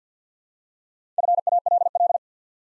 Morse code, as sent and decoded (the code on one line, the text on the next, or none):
..-. .- .-.. .-..
FALL